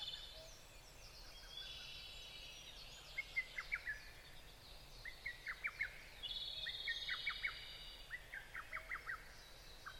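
Bird chorus of several overlapping singers: buzzy trills near the top of the range and bursts of sharp chirps in quick runs, over a steady low background hiss.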